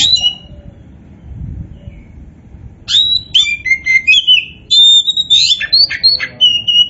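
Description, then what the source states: Oriental magpie-robin singing. A lone high note opens, then from three seconds a continuous stream of shifting whistled phrases, sweet slurs and harsher notes runs to the end. Kacer poci variety, singing in vigorous full song known as gacor.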